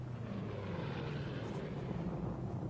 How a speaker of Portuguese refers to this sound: O avião fez a volta na minha frente naquela colina. E até hoje, eu vejo a suástica.